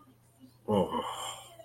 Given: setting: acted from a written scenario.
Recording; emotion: vocal sound without words; desire